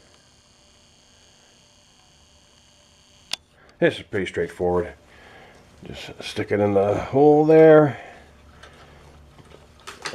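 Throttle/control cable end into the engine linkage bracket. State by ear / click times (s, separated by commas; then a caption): seated / 10.1 s. A string line mower's throttle control cable end is stuck into the hole on the engine linkage bracket and pressed until it snaps into its holder. Someone talks over a faint steady hum, with a sharp tick at about 3.3 s. The cable end snaps into place at 10.1 s.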